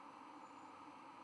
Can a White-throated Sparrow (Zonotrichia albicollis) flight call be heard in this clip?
no